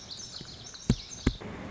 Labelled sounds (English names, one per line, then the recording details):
Lazuli Bunting
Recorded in Sonoma County, California